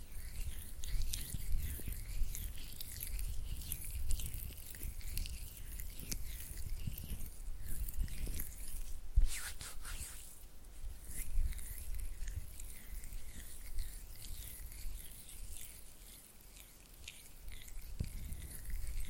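Oily hands rub and flutter with wet, sticky clicks and soft patter throughout, rising into a brief louder burst around nine seconds.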